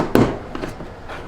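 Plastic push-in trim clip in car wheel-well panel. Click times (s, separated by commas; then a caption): 0.1 s. A trim tool pries a plastic push-in trim clip out of the wheel-well panel of a C8 Corvette, and the clip pops out with a sharp snap at 0.2 s (0.15 s). A fainter tick follows at 0.6 s, and the clip comes free.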